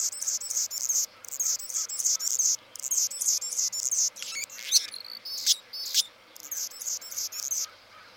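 Anna's hummingbird giving grating, high-pitched buzzy phrases over and over, broken midway by a few sharp, squeaky chip notes before the buzzing resumes.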